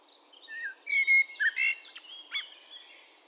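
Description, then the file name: Eurasian blackbird giving varied short notes: clear whistled tones mixed with sharp clicking ticks, uneven in rhythm, against a soft background hiss. "Turdus merula"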